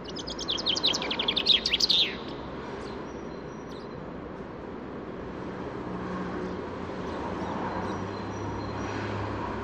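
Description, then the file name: Common chaffinch delivering one quick descending trill with a terminal flourish, followed by several seconds of faint bird notes and steady background hiss. "Fringilla coelebs"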